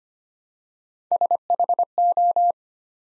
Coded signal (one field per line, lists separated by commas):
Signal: Morse code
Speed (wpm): 25 wpm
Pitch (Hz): 700 Hz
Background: none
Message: SHO